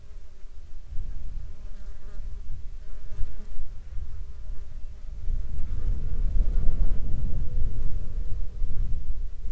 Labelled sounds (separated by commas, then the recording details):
wind, insects
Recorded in the Arctic National Wildlife Refuge, Alaska, on 21 July 2021 at 11:37
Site 33